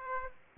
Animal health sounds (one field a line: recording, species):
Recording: mosquito wingbeat signal from an infrared sensor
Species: Aedes aegypti